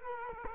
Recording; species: mosquito wingbeat signal from an infrared sensor; Culex quinquefasciatus